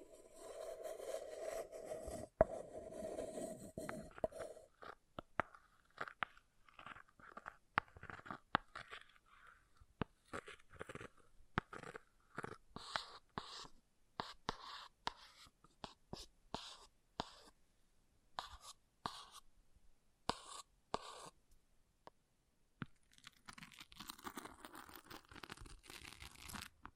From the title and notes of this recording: ASMR Brain Melting Object Scratching (No Talking).